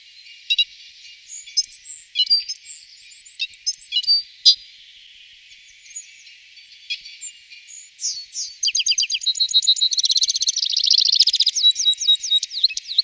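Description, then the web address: Citril finch song: scattered high chirps and tinkling notes building into a fast, dense twittering sequence with repeated sweeping notes and buzzy trills toward the end. Recorded in 2004. "gesang. roche 2004 zitronengirlitz"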